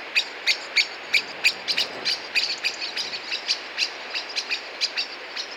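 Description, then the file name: Common blackbird calling with hard, clipped chinks repeated rapidly, roughly three per second, some notes doubled, against a faint constant hiss. "Turdus merula"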